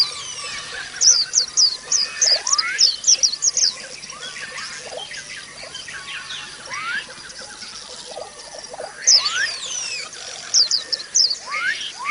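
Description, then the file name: White-eye singing fast, thin, high twitters in two bursts, with lower rising notes and faint background hiss. Audio therapy recording of white-eye song intended for caged birds. "audio-terapi-pleci-5-omkicau"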